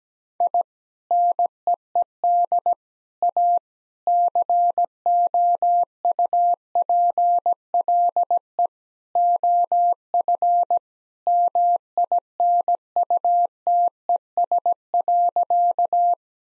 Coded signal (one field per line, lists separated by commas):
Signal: Morse code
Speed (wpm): 17 wpm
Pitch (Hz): 700 Hz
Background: none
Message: I NEED A COUPLE OF MINUTES.